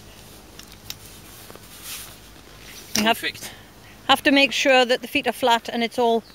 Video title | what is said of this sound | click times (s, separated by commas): Jeep picnic | back and clicked into place though haven't you yeah i think everything is clicked | 0.9 s